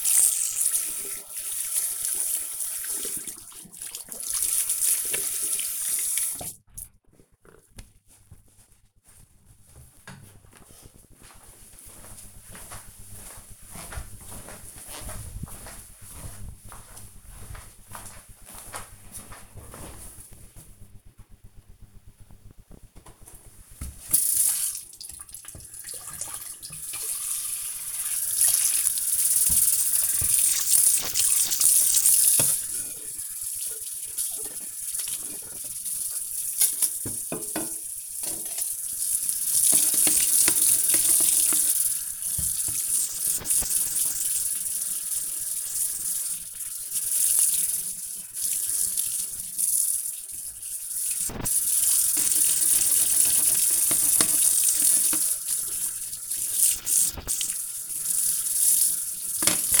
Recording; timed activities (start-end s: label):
household activities, microphone on the right wrist
0.00-7.07 s: washing hands
22.18-59.80 s: washing dishes